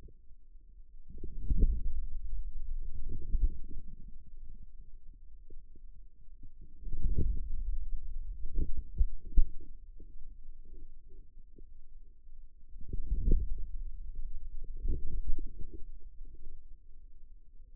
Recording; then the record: forearm muscle sounds (acoustic myography)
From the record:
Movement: outward rotation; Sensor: system 2, bracelet of six BSWA MPA416 microphones around the upper forearm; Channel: 3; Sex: male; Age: 22 years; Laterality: right